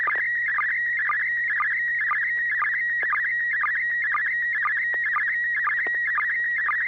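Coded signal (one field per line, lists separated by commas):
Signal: SSTV (slow-scan television)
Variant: PD mode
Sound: warbling tone around 1.9 kHz with short low chirps about twice per second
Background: low steady hum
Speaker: pd10 [Music] d d d [Music] d [Music]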